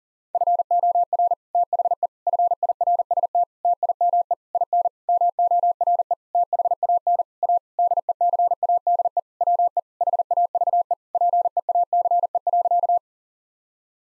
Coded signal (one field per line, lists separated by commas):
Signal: Morse code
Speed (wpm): 40 wpm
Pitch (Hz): 700 Hz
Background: none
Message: FOR THE FIRST TIME IN MORE THAN A DECADE WE HAVE PEACE.